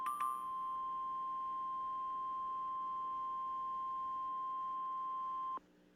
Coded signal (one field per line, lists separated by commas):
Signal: Emergency Alert System (SAME) tones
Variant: 1050 Hz attention tone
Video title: Emergency Alert System - All types of activations compilation